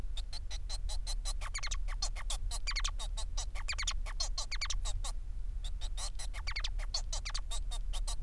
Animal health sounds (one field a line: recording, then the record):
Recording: song of a male Bengalese finch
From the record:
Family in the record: son of father 4